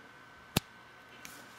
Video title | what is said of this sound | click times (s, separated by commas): iPhone 5 Lightning Cable | cuz you hear a little click right here | 0.6 s